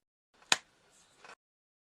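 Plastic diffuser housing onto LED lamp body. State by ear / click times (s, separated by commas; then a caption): seated / 0.5 s. A plastic diffuser housing, with a few drops of glue on two or three of its sides, is pressed onto an LED lamp body. It clicks into place with a single sharp, loud, very short snap at 0.5 s, followed by faint rustling and a softer tick near 1.2 s. The housing is seated.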